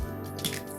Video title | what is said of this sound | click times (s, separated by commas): Button Box DIY for Sim Racing Setup - Easy Plug and Play | You hear one clicking sound, then that's it, and plug the other end of the USB to your computer. | 0.5 s